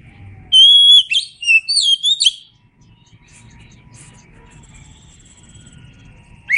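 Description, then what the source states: Oriental magpie-robin delivering a short burst of loud, twisting whistled notes, followed by quiet background with faint high tones. Indonesian name kacer; described as gacor, meaning singing vigorously.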